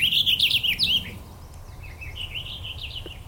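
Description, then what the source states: Purple finch song: a quick, bubbly, warbling phrase of high twisting notes for about a second, then softer warbled notes later over low background rumble. Male at a forest and marshy wetland edge; bubbly, warbly song like 'doodle doodle doodle', serving to attract a mate and defend a territory.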